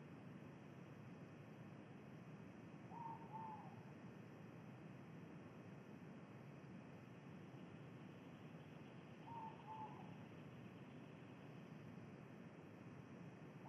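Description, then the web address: Ivory-breasted pitta calling with a mellow double whistle, given twice several seconds apart and starting a third time at the end, against constant low background hum. Indonesia. "ULM-DS-Lab indonesian-bird-sounds. Pitta maxima"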